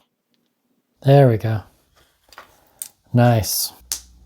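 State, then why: Seated. A charging cradle is fitted onto the back of an Amazfit Falcon smartwatch while someone talks. Soft handling clicks come first, then a sharp, loud snap at 3.9 s as the charger seats onto the watch.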